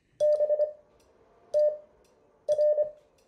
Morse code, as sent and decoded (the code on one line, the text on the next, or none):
-... - .-.
BTR